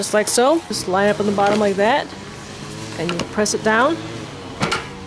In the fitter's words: you hear it clicks it's on it is so simple I really like it better